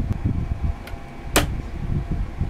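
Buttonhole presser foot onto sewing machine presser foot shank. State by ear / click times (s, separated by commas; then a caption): seated / 1.4 s. A buttonhole presser foot is lined up close to the shank of a sewing machine and snaps onto the holder. A sharp click is heard at 1.4 s over a low background rumble, with a fainter tick at 0.9 s. The foot is seated and held on the presser foot shank.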